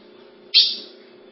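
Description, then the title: Ultramarine grosbeak with one abrupt, high metallic note that decays fast, with a constant low hum underneath. "Azulao"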